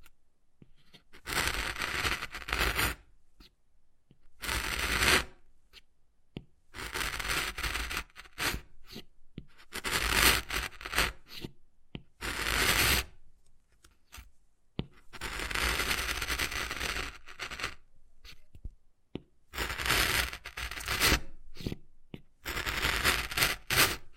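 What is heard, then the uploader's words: Wood carving: repeated bursts of scraping and rubbing strokes on wood, each lasting one to two seconds, separated by brief pauses. The strokes are dry and gritty, full from low to very bright tones, with quiet between passes. Wood Carving, Tapping and Scratching Sounds.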